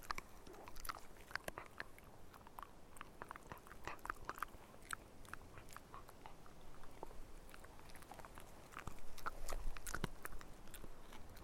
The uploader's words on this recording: Dog eating in the wild.